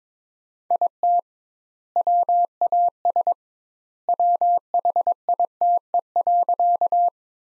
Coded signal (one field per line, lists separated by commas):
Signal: Morse code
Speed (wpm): 22 wpm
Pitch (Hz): 700 Hz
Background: none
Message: IT WAS WHITE.